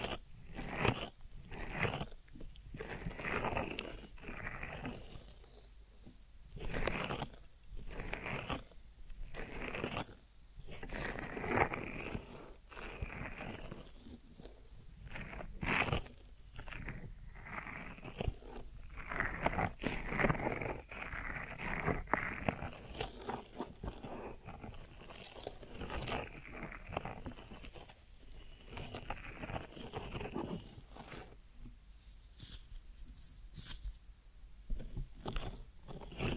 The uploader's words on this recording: ASMR Deep Ear Massage for Sleep(No Talking).